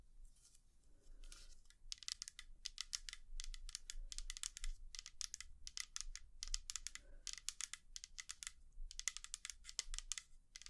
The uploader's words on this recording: ASMR 100% Tapping for EXTREME tingles & sleep (No Talking).